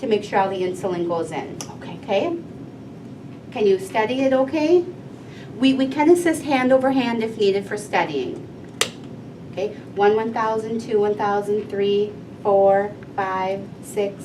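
Someone talks while an insulin injector pen is pressed hard against the abdomen, and it gives a single sharp click at 8.8 s, showing it has seated. The pen is then held for 10 seconds after the click to make sure the insulin goes in, as the talking continues.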